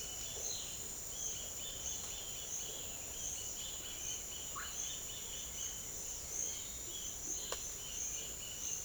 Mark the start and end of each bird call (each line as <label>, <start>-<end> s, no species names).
bird call, 0.00-0.79 s
bird call, 1.13-8.85 s